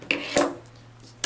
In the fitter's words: we're going to take this and close it you hear the snap